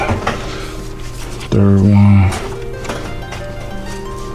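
On a 2013 Cadillac Escalade, the third ignition wire connector is handled toward its coil pack during a cylinder 7 coil pack and wire harness replacement to fix a misfire. Someone talks, a short knock sounds at 0.3 s, and a loud low hum runs from about 1.5 to 2.4 s. Nothing has clicked or seated yet.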